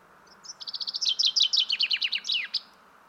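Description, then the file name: Common chaffinch delivers one rapid, rattling song phrase of repeated high notes falling in pitch, finishing with a quick twisted end note. "Fringilla coelebs"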